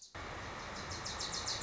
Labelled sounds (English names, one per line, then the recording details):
Wilson's Warbler
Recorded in Sonoma County, California